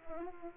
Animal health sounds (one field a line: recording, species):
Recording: mosquito wingbeat signal from an infrared sensor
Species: Culex pipiens